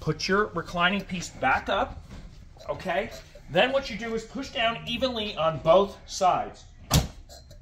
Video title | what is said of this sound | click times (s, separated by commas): How To Take the Back Off Your Recliner (and put it back on) | You're gonna hear a snap. That means that it is locked in place and you're ready to go. | 6.9 s